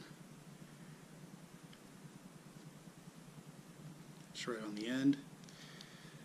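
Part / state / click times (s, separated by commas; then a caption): shaft bearing into fishing reel / not seated / none. A greased ceramic shaft bearing is handled at the end of the reel shaft of an Avet HXW Raptor fishing reel, over a steady low background hum. Someone talks briefly around 4.4–5.2 s, with a few faint handling ticks near 1.7 s and 5.4–5.8 s. Nothing has seated or clicked yet.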